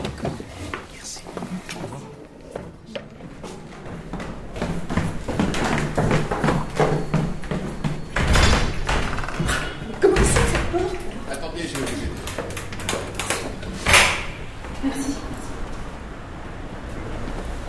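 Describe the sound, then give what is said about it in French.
Chairs are shuffled and stacked as people put them away while leaving at the end of a support group session, amid murmuring voices, with scattered knocks and several sharper clattering thuds standing out over the steady background chatter. “N'oubliez pas de ranger vos chaises en partant, merci.”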